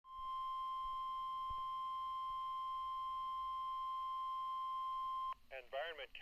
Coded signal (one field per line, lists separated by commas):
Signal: Emergency Alert System (SAME) tones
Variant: 1050 Hz attention tone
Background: speech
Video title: (EAS #41) Heat Warning 7/3/2019